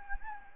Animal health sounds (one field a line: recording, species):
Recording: mosquito wingbeat signal from an infrared sensor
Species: Anopheles gambiae